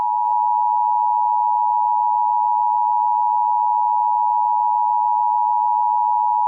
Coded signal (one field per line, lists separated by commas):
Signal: Emergency Alert System (SAME) tones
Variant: 853 and 960 Hz attention tone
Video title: EAS Scenario #1 - Roj Invasion